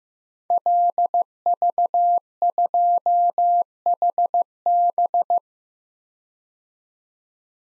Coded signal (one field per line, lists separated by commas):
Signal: Morse code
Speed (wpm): 15 wpm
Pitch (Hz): 700 Hz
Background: none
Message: LV2HB